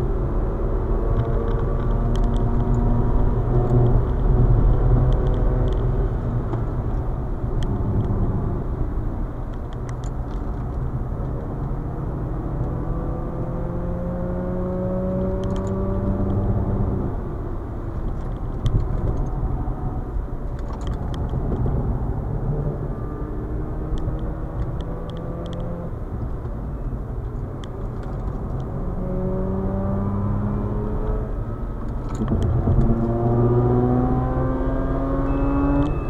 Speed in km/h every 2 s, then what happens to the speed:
135, 141, 137, 111, 91, 91, 102, 112, 101, 94, 85, 91, 85, 80, 88, 96, 113, 126.
4-8 brakes to 91. 10-15 speeds up to 112. 15-20 brakes to 85. 26-36 speeds up to 126.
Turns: 7-12.